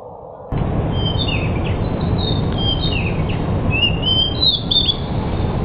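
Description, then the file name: Pied bush chat giving thin, quick chirps and short down-slurred whistles, partly masked by heavy low hum. Described in Indonesian as 'sudah jadi', meaning a finished, fully trained songbird. "suara burung decu sudah jadi. omkicau"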